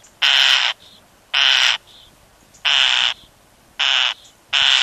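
European starling uttering loud, rasping screeches, five in all, each about half a second long and mostly spaced a little over a second apart, the last two closer together.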